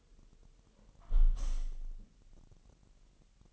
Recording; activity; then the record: daily activity, microphone in the room; close window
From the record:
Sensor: 4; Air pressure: 1000.7 hPa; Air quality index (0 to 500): 243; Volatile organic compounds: 40 ppm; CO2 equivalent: 3156 ppm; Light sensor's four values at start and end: 9/20/8/8 and 9/20/8/7